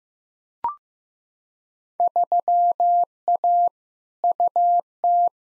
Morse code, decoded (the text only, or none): 3A UT